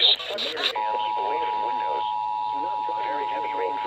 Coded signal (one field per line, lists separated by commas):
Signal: Emergency Alert System (SAME) tones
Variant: 853 and 960 Hz attention tone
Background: speech